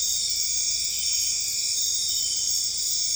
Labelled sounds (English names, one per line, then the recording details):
none
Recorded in dense forest near Puerto Asís, Putumayo, Colombia, on 26 December 2024 at 23:00
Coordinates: 0.485, -76.318
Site GP03